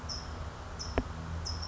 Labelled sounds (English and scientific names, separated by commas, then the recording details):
California Towhee (Melozone crissalis)
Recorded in Sonoma County, California